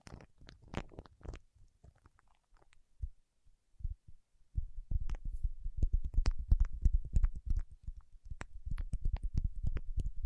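Fingertips tap and press on wax, sparse soft clicks at first, then from about four seconds a dense run of dull thumps and sharper ticks.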